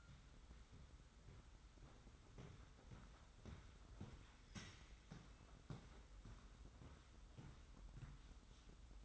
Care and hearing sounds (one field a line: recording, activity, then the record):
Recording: daily activity, microphone in the room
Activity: walk to room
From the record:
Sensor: 3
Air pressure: 991.1 hPa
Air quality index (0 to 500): 103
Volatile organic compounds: 38 ppm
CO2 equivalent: 3123 ppm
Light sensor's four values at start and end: 44/123/50/44 and 44/122/50/44